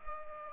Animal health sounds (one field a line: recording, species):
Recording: mosquito wingbeat signal from an infrared sensor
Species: Culex pipiens